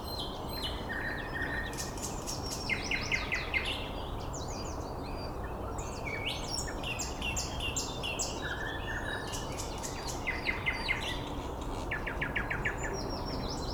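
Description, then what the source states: Birds in a busy chorus of repeated rapid chips, trills and short whistles, set against a constant hiss of background noise. Recorded 9 May 2014 at 06:39.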